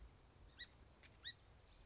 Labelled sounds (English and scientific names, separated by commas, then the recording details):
Song Sparrow (Melospiza melodia)
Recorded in Sonoma County, California